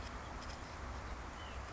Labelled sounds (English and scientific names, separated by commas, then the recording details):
White-breasted Nuthatch (Sitta carolinensis)
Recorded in Sonoma County, California